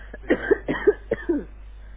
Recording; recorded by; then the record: voluntary cough; telephone call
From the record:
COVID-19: positive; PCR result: checked with the laboratory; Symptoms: no